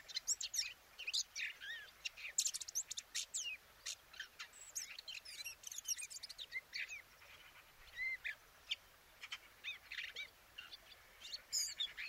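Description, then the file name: Eurasian blackcap singing rapid, jumbled phrases of chirps and rising and falling whistles, separated by brief quieter pauses. "Sylvia atricapilla"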